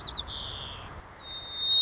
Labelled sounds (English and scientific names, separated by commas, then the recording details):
White-crowned Sparrow (Zonotrichia leucophrys)
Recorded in Sonoma County, California